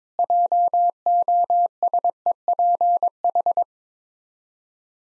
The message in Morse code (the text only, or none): JOSEPH